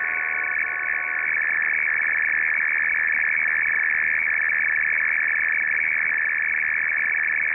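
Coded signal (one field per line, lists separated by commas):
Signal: RTTY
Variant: F01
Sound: continuous fast warbling between two high tones, steady teletype chatter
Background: radio static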